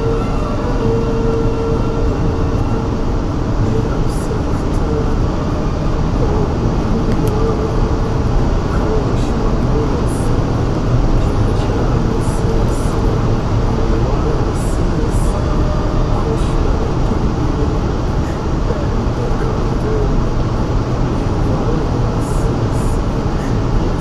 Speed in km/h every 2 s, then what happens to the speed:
169, 173, 177, 181, 184, 186, 184, 182, 180, 179, 180, 181.
0-9 speeds up to 186. 9-24 steady at about 181.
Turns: none.